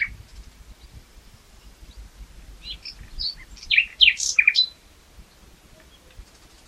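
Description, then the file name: Common nightingale phrase: a short burst of loud, varied, sharp chirping notes amid faint background hiss. "Luscinia megarhynchos"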